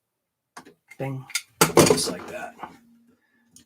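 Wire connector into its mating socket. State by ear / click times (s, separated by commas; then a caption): seated / 3.6 s. A wire connector is pushed further into its mating socket while someone talks, with faint handling clinks. A small click at 3.6 s shows the connector is now fully seated.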